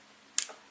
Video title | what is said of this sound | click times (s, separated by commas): Multifunktionell 3 i 1 arbetsmaskin, LED lampa, el-nagelfil och utsug | then you just lock | 0.4 s